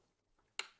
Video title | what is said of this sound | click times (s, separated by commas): 🧰 Savage GRS10 Bench Evaluation | there we go locks into place | 0.6 s